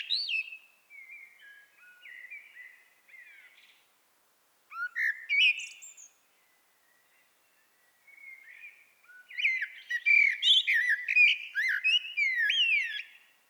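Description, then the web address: Common blackbird singing short warbled phrases separated by pauses, ending in a long, loud run of rapid, zigzagging squeaky twitters. "SETE data Turdus merula"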